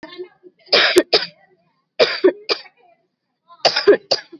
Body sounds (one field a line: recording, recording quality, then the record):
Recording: heavy voluntary cough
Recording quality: moderate, slight background noise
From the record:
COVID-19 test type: RT-PCR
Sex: female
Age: 20 years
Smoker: no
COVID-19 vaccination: both doses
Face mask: worn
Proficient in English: yes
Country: India